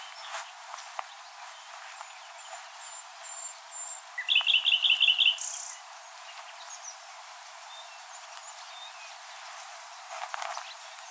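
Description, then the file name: Common nightingale song: a short burst of rapid, evenly repeated notes, then a brief high buzz, against steady background hiss. "Luscinia megarhynchos"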